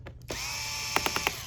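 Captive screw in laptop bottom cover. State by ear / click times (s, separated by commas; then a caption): released / 1.0 s, 1.1 s, 1.2 s, 1.3 s. A power driver whines steadily as it unscrews a captive screw in the bottom cover of a Lenovo Yoga 11e Gen 5 laptop. Sharp clicks sound at 1.0, 1.1, 1.2 and 1.3 seconds. The clicking means the screw is already loose: it has come free of the thread but stays held in the panel.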